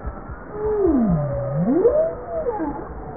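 Bowhead whale moan: one smooth tonal call sliding down into a deep trough and gliding back up, with fainter overtones above and a quiet underwater background.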